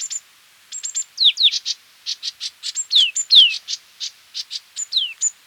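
Green-backed tit calls: high thin notes mixed with sharp downslurred whistles, delivered in quick irregular bursts with short pauses between them, no other sounds.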